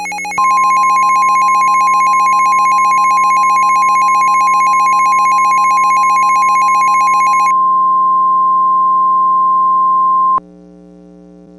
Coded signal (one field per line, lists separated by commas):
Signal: Emergency Alert System (SAME) tones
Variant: 1050 Hz attention tone